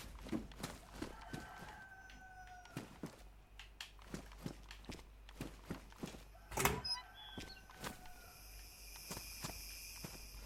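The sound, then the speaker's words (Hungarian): A rooster crows faintly at a hunting camp, two drawn-out calls a few seconds apart, over a steady run of sharp clicking footsteps and a thin, high insect-like buzz. “És valahol itt van egy kakas, akit mindjárt jól levadászok.”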